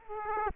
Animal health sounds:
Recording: mosquito wingbeat signal from an infrared sensor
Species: Culex quinquefasciatus

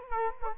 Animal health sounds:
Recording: mosquito wingbeat signal from an infrared sensor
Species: Culex quinquefasciatus

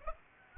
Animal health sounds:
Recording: mosquito wingbeat signal from an infrared sensor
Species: Aedes aegypti

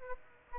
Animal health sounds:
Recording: mosquito wingbeat signal from an infrared sensor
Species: Aedes aegypti

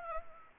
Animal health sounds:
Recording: mosquito wingbeat signal from an infrared sensor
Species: Anopheles gambiae

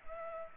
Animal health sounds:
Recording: mosquito wingbeat signal from an infrared sensor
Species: Culex pipiens

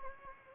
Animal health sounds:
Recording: mosquito wingbeat signal from an infrared sensor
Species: Anopheles gambiae

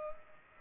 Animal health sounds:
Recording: mosquito wingbeat signal from an infrared sensor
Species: Culex pipiens

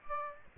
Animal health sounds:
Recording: mosquito wingbeat signal from an infrared sensor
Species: Aedes aegypti

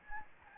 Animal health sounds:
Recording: mosquito wingbeat signal from an infrared sensor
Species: Anopheles gambiae

